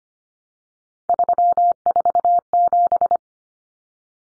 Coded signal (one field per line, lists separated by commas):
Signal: Morse code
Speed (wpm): 25 wpm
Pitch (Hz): 700 Hz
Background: none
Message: 347